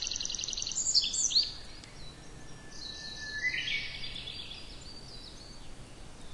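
Tree pipit song opening with quick repeated high notes, followed by a thin sliding phrase and quieter notes against a soft hiss.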